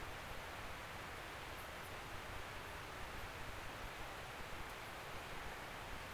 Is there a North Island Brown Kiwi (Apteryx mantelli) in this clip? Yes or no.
no